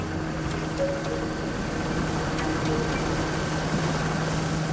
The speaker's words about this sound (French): Une demi-heure plus tard, un premier hélicoptère Super Puma de l'armée de l'air se pose sur la pelouse de Furiani.